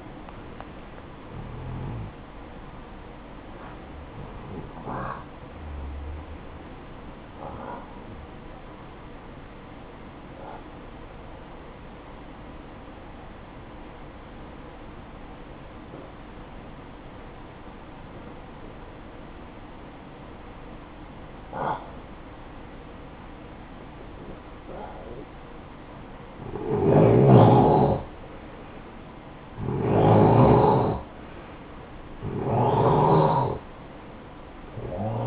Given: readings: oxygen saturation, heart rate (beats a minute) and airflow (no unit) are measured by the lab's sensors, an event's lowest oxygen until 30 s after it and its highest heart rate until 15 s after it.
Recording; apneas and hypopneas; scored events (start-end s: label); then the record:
breathing in sleep by a voice recorder at the bedside; 1
12.00-29.40 s: hypopnea (N1, oxygen 94% highest, then 88% lowest, heart rate 62 at the start, 68 highest)
From the record:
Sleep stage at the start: N1 (lightest sleep); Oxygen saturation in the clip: 92 to 94%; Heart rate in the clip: 56 to 75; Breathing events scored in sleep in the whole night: 573 in 9.8 hours asleep